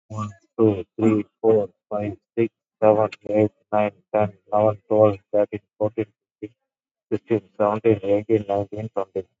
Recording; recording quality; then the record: counting at a normal pace; excellent, no background noise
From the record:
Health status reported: COVID-19 positive, mild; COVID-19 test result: positive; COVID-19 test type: RT-PCR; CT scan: taken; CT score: 10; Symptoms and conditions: cough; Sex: male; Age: 44 years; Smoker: no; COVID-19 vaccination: none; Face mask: worn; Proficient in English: yes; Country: India